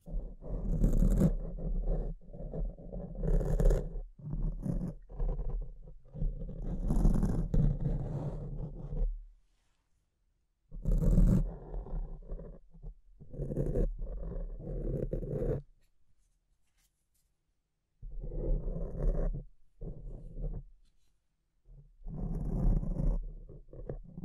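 Mic scratching in dense, rough bursts of low rumbling scrapes with brighter crackling flicks, running in stretches of a few seconds each. The sound drops to near silence around 10, 16 to 18 and 21 seconds before the scratching resumes.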